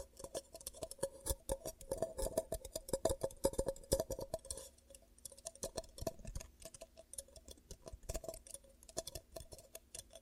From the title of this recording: ASMR 10 Ear Cupping Triggers